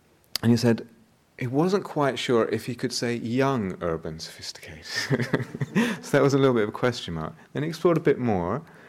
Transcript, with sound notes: And he said he wasn't quite sure if he could say "young urban sophisticated." [laughter] So that was a little bit of a question mark. Then he explored a bit more